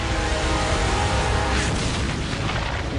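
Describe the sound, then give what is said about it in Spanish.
A continuous, roaring barrage of deep booming blasts, loud and dense throughout, with a rushing burst around the middle, as rockets released by Typhoon aircraft at their target explode in rapid succession; no voices present. “Se desata un ruido infernal y solo se ven pedazos.”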